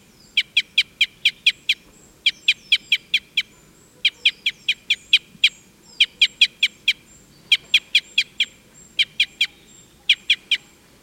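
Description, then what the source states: Red crossbill calling, crisp chip notes in rapid groups of several, repeated steadily throughout with short gaps, a faint high whistle in the background. Type N call type; excitement calls.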